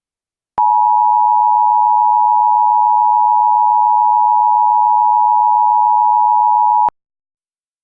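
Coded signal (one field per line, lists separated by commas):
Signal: Emergency Alert System (SAME) tones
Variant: 853 and 960 Hz attention tone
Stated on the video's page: Fictional EAS mock alert about SCP creatures on a rampage.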